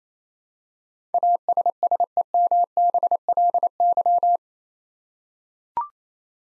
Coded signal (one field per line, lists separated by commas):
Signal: Morse code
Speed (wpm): 28 wpm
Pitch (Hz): 700 Hz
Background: none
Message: ASSEMBLY